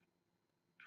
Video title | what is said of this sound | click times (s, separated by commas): Face Electrode Product Demo | standard wire, clicks right in, | 0.8 s